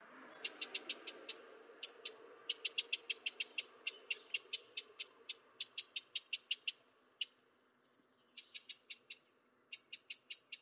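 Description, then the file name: Eurasian wren calls, rapid runs of hard high ticks forming rattling bursts, broken by brief silences, with a faint low hum behind. "Troglodytes troglodytes"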